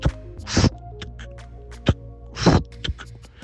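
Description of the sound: An adult imitates a heart murmur by voice. The murmur comes from a heart valve that does not close completely, so it vibrates before closing, letting a few millilitres of blood leak.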